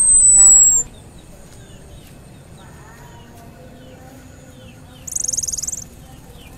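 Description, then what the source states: Orange-headed thrush: the tail of a thin high whistle, then quiet, then a short buzzy, scratchy rattle burst, with faint softer bird notes in the background. Orange-headed thrush giving "cip" and "brebetan" call types.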